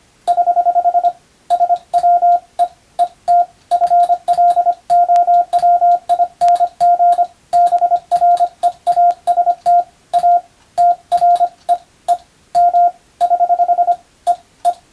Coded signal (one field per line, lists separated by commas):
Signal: Morse code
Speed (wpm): 25 wpm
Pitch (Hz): 700 Hz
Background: radio noise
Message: <HH> SWEET FLOWING BREAST A TREE M <HH> EE